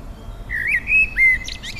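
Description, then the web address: Small bird singing a brief phrase of clear whistled notes that slide and waver, ending in a few quick higher chirps. Native hedgerow bird. "hecke vogel april vogel heimisch"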